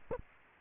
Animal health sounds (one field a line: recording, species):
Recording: mosquito wingbeat signal from an infrared sensor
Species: Anopheles gambiae